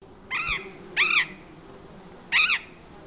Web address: parrots cyanoliseus-patagonus